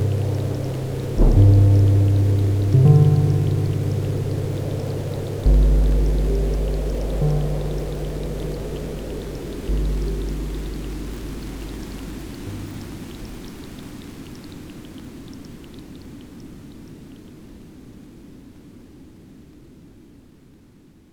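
Deep, low chords swell in one after another during the first ten seconds, each hit landing and then ringing out slowly. A soft rain-like hiss sits beneath them, and the whole sound gradually fades toward near silence by the end.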